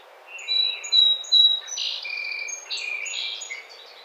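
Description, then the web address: Song sparrow song: three clear high introductory notes, then a buzzy burst and a jumble of short trills and whistled notes over faint background noise. Recorded 29 May 2009. "Song Sparrow 2009 05 29"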